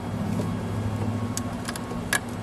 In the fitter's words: you'll hear it snap with that quick disconnect